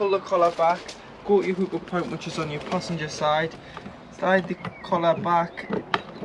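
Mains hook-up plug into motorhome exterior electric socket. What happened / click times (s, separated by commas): No seating click yet; the plug has not gone home / none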